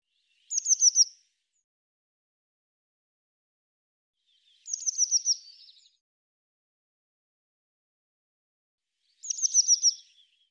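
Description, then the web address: Eurasian blue tit giving three high, quick strings of falling notes ending in a faint buzzy trill, repeated roughly every four to five seconds against a silent background. "Deverinetal"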